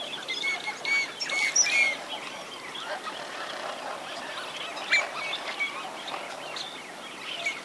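Teal giving brief high whistled notes, several in the first two seconds, then sparse notes over steady background noise.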